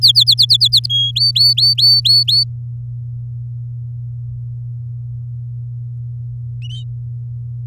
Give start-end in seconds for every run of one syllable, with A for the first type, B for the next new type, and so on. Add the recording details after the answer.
0.02-0.86 A, 0.90-1.11 B, 1.16-2.44 C. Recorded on 10 May 2018 at 07:14. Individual llb16